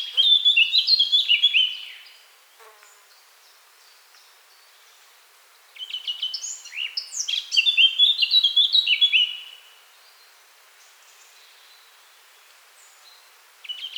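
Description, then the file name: Eurasian blackcap giving two song bursts, a warble of about two seconds, a long quiet gap, then a rich phrase of about four seconds, with another burst just starting at the end. "Sylvia atricapilla"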